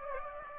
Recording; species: mosquito wingbeat signal from an infrared sensor; Aedes aegypti